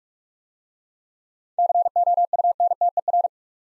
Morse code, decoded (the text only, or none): COUNTER